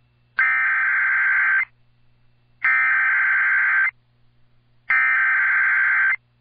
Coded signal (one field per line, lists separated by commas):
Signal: Emergency Alert System (SAME) tones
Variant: header bursts